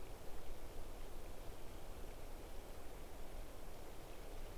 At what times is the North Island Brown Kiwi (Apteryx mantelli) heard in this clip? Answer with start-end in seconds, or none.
none